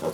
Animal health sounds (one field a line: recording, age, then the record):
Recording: pig call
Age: piglet (1 to 25 days)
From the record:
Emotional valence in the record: positive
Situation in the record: huddling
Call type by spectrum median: low-frequency call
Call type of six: low-frequency stable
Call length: 0.13 s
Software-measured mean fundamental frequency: 54 Hz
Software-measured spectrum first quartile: 429 Hz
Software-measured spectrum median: 588 Hz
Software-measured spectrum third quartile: 1516 Hz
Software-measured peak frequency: 490 Hz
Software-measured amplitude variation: 133 dB a second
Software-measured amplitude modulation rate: 3.7 a second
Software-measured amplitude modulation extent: 35.6 dB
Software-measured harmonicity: 4.4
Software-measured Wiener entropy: -1.09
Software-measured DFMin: 738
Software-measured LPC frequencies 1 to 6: 512, 1028, 2705, 3458, 4456, 5601 Hz